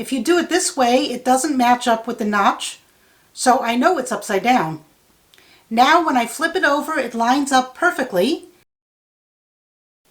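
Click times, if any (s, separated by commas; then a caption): none. A SO-DIMM memory module for a Dell Inspiron 5570 laptop is flipped over so its notch matches the slot key and lined up in the empty memory slot. Someone talks throughout, with only a faint soft tick near 5.3 s during a pause. The module is still being positioned and has not yet been pushed in or clicked into place.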